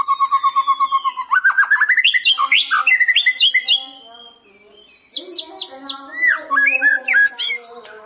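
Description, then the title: White-rumped shama song: a fast run of repeated even notes, then rising and falling whistled phrases, a brief pause, and sharp downward-sweeping high notes, over a steady low hum. "murai batu"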